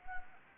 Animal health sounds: mosquito wingbeat signal from an infrared sensor; Anopheles arabiensis

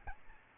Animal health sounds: mosquito wingbeat signal from an infrared sensor; Aedes albopictus

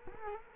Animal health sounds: mosquito wingbeat signal from an infrared sensor; Culex quinquefasciatus

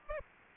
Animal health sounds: mosquito wingbeat signal from an infrared sensor; Aedes aegypti

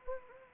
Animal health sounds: mosquito wingbeat signal from an infrared sensor; Anopheles arabiensis

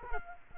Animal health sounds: mosquito wingbeat signal from an infrared sensor; Culex quinquefasciatus

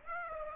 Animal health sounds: mosquito wingbeat signal from an infrared sensor; Aedes aegypti

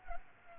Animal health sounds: mosquito wingbeat signal from an infrared sensor; Culex pipiens

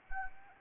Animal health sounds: mosquito wingbeat signal from an infrared sensor; Anopheles arabiensis

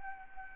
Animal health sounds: mosquito wingbeat signal from an infrared sensor; Anopheles arabiensis

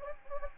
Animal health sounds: mosquito wingbeat signal from an infrared sensor; Anopheles gambiae

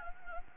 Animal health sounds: mosquito wingbeat signal from an infrared sensor; Anopheles gambiae

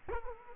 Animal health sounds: mosquito wingbeat signal from an infrared sensor; Culex quinquefasciatus

